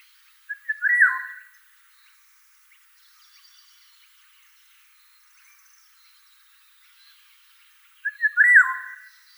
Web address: common oriole common oriole